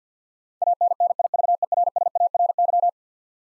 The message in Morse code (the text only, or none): ANNIVERSARY